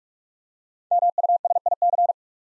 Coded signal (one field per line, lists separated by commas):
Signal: Morse code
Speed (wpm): 44 wpm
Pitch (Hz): 700 Hz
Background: none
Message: MUSIC